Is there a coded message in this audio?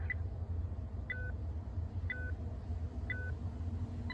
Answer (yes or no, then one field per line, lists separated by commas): no